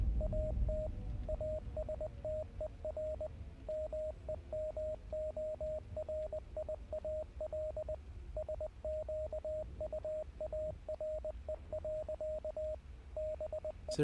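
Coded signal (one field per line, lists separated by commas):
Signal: Morse code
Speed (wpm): 20 wpm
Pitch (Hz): 620 Hz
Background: radio noise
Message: AT ASTER MEMORIAL SQUARE. BE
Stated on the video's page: Heard during a livestream of the game Hell is Us.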